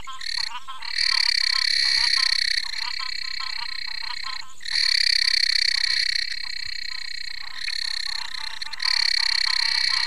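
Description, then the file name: Tournier's grassland frog giving shrill, buzzing trills in repeated bursts of one to three seconds. "Ptychadena tournieri"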